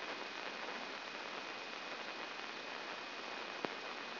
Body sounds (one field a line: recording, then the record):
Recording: brain microelectrode recording played as sound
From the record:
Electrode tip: inside the subthalamic nucleus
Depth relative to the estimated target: -3 mm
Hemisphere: left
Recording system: AlphaMap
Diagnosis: Parkinson's disease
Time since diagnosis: 11 years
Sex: female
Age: 62 years